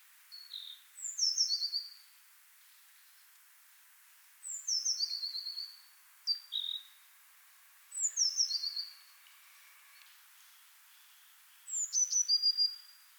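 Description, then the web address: Eurasian blue tit giving repeated high phrases, each a quick series of thin, falling notes ending in a short trill, about every four seconds, with soft background noise. "SETE data Cyanistes caeruleus"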